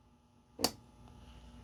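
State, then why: Seated. A replaceable steel blade is pushed down against a surface until it snaps into the keeper notch of a knife handle, giving one sharp click at 0.7 s over a quiet background. The blade is seated and locked in the notch.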